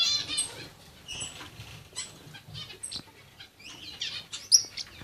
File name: forpus coelestis